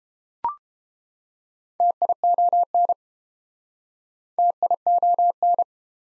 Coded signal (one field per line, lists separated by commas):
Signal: Morse code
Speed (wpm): 30 wpm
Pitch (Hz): 700 Hz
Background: none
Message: TION TION